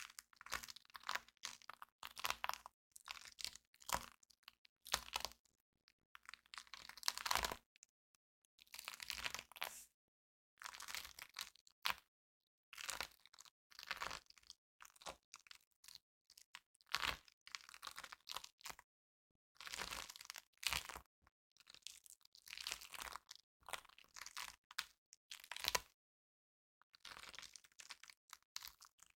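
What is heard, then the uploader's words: Sticky floam is squeezed and pulled apart in quick bursts of crackling, crunchy popping as the beads shift and the material unsticks. The bursts come in irregular clusters with brief silent gaps between them, bright and crisp throughout, with a faint low hum underneath early on. ASMR Satisfying Sticky Floam Sounds (no talking). Satisfying sticky floam trigger sounds (slime-like molding material with beads).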